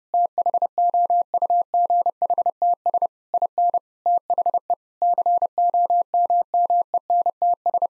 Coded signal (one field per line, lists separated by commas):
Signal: Morse code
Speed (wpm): 32 wpm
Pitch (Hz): 700 Hz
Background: none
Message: THOUGHTS IN THE COMMENTS